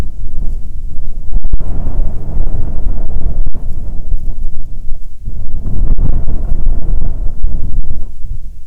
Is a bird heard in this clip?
no